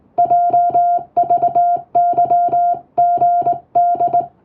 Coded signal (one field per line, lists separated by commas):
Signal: Morse code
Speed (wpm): 20 wpm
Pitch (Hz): 700 Hz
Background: music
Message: JVYGD